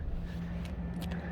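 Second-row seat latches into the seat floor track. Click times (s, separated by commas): 0.6 s, 1.0 s, 1.1 s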